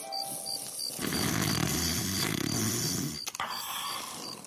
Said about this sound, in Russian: Наш парень уже дрых в синях, временно задержанный и надежно связанный, аппендицит в рясе, мстительно храпел рядом.